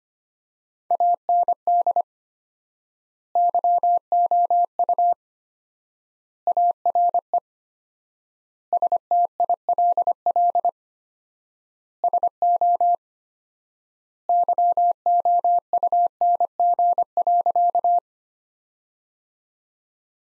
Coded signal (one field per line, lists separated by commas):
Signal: Morse code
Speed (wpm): 25 wpm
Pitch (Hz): 700 Hz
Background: none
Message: AND YOU ARE STILL SO YOUNG.